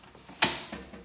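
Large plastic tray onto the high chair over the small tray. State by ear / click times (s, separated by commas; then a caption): seated / 0.4 s. A large, dishwasher-safe plastic Fresco tray is slid over the small tray on a Bloom Fresco high chair and pushed until it latches. One sharp, loud mechanical click lands at 0.4 s, followed by a couple of fainter clicks. The tray is seated in place.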